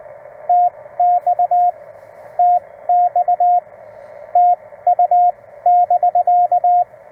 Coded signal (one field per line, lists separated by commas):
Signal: Morse code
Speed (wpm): 16 wpm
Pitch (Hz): 700 Hz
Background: radio noise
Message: TX TX TU<BK>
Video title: Friend Stops by to see a CW POTA